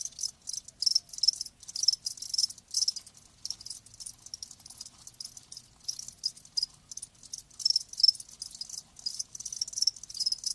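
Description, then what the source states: Crickets chirping rapidly, dense high pulsed bursts running almost continuously with brief gaps. Live crickets, presented as a sleep sound.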